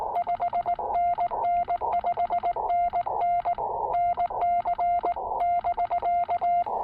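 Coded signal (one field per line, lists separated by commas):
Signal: Morse code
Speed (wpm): 19 wpm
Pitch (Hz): 700 Hz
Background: none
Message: 5NN 5NN NC <BK>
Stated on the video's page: QRP POTA CW activation on 40 meters using a Yaesu FT-817ND with a new filter, a pressure paddle and an MC-750 antenna.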